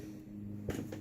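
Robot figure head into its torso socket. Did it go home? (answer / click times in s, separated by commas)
no / none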